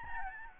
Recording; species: mosquito wingbeat signal from an infrared sensor; Aedes albopictus